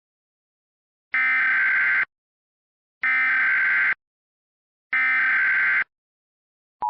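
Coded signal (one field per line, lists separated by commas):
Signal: Emergency Alert System (SAME) tones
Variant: header bursts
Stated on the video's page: Fictional EAS scenario, not a real alert.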